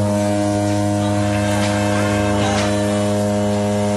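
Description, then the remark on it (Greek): The horn of the ferry Dionysios Solomos sounds one long, deep blast, a steady droning tone rich in buzzing harmonics that holds unbroken for several seconds with no voices over it. “Αυτή είναι η Μπουρού από το Διονύσιο Σολωμό.”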